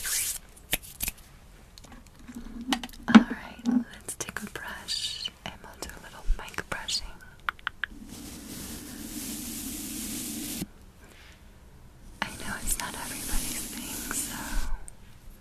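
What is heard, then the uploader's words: Quiet hand sounds with sharp taps and rubbing in the first half, then steady scratching from about eight to ten seconds and again after twelve. Hand Sounds, Tapping, Soap Tapping & Scratching, Fidgets, Stress Balls, Sticker Tapping.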